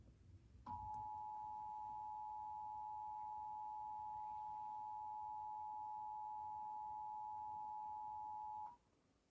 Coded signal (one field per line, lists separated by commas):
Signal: Emergency Alert System (SAME) tones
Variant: 853 and 960 Hz attention tone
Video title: EAS 55-56: 3 Stations Of The Pennsylvania Required Monthly Test (2/17/2022)